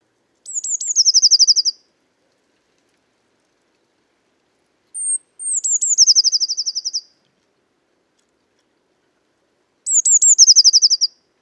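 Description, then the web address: Eurasian blue tit giving three bursts about five seconds apart, each of high falling notes running into a quick buzzy trill, one opened by a thin whistle. "SETE data Cyanistes caeruleus"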